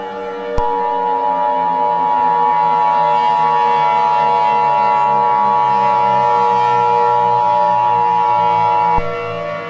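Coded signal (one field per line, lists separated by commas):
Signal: Emergency Alert System (SAME) tones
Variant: 853 and 960 Hz attention tone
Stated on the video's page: Fake EAS scenario that may contain valid SAME headers and tones, alongside sirens.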